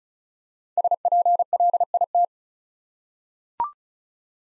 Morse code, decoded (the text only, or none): SPLIT